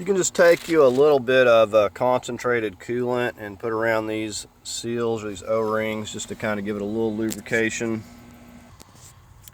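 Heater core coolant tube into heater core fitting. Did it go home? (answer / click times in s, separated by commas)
yes / 9.5 s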